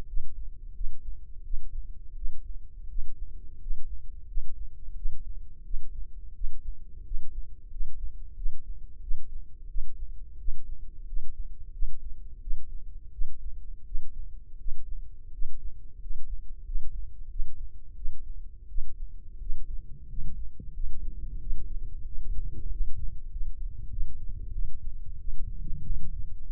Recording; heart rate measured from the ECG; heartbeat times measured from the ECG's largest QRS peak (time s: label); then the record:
heart sounds by microphone in the left ear; 89 bpm
0.04 s: heartbeat
0.72 s: heartbeat
1.41 s: heartbeat
2.13 s: heartbeat
2.86 s: heartbeat
3.57 s: heartbeat
4.25 s: heartbeat
4.93 s: heartbeat
5.62 s: heartbeat
6.32 s: heartbeat
7.02 s: heartbeat
7.68 s: heartbeat
8.33 s: heartbeat
8.99 s: heartbeat
9.66 s: heartbeat
10.36 s: heartbeat
11.04 s: heartbeat
11.70 s: heartbeat
12.38 s: heartbeat
13.09 s: heartbeat
13.83 s: heartbeat
14.56 s: heartbeat
15.29 s: heartbeat
15.97 s: heartbeat
16.62 s: heartbeat
17.27 s: heartbeat
17.93 s: heartbeat
18.66 s: heartbeat
19.37 s: heartbeat
20.06 s: heartbeat
20.71 s: heartbeat
21.38 s: heartbeat
22.03 s: heartbeat
22.67 s: heartbeat
23.28 s: heartbeat
23.88 s: heartbeat
24.51 s: heartbeat
25.17 s: heartbeat
25.81 s: heartbeat
26.43 s: heartbeat
From the record:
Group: healthy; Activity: rest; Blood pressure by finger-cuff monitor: 127/90 mmHg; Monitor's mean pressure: 102 mmHg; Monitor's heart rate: 89 bpm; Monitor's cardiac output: 6.5 L/min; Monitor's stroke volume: 73 mL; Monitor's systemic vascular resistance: 1170 dyn s/cm5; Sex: male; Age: 21 years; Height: 180 cm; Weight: 67.5 kg